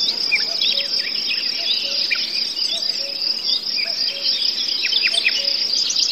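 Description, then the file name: Crickets and forest birds: constant high cricket trill under scattered bird chirps, with quiet low hooting notes repeating in the background. Forest soundscape with birds, cuckoos and crickets. "les ptici kukushki sverchki zhuzhzhanie muhi"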